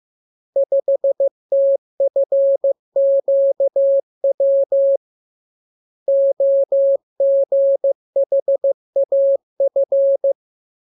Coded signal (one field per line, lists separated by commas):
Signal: Morse code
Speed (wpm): 15 wpm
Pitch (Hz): 550 Hz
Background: none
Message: 5TFQW OGHAF